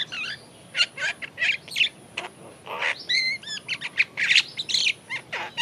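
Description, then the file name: Great myna giving a jumble of chirps, rasping squawks and brief whistles, with irregular spacing and a quick laddered whistle in the middle. "Acridotheres grandis"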